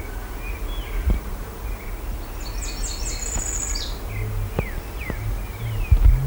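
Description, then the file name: Bird song: a high, rapid, silvery trill lasting over a second, with scattered thin descending whistles before and after over a steady low rumble. "SABIOD 50 bird 2015"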